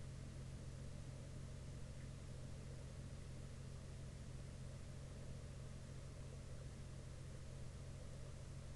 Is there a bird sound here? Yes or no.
no